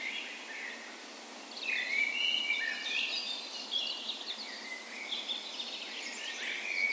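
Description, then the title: Birds in a dawn chorus, softer opening then lively overlapping warbles and clear whistled notes from several songbirds. Spring dawn chorus on the morning of 17 May, Norway's National Day, in a park west in Bergen, Norway; Sony PCM A10 recorder with LOM micro Usi microphones as tree ears. "17th Of May Dawn Chorus"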